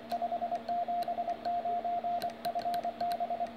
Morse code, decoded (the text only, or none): 579 FB